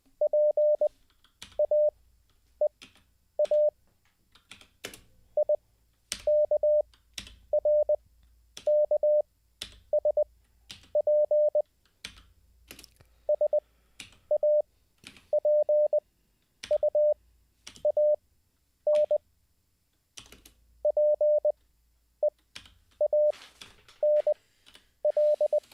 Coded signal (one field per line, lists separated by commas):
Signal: Morse code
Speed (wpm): 20 wpm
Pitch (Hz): 600 Hz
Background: radio noise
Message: PAEA IKRKSP SAPUAN PEANL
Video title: How To Learn Morse Code LIVE with N0SSC (Day 4)